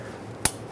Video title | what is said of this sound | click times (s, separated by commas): How to Replace Radiator 2010-2017 Chevrolet Equinox | make sure the connector clicks when you plug it in | 0.5 s